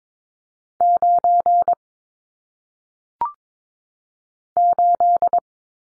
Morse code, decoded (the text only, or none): 9 8